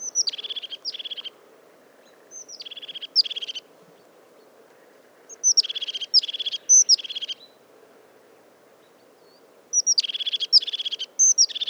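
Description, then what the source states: Crested tit song, short bursts of high, rapid trilled notes given in clusters every few seconds, with quiet gaps between phrases. Song, on a February 2020 morning at 1500 m in mixed conifer and oak forest, Drôme, France; Nagra Seven recorder with Telinga Pro7 stereo.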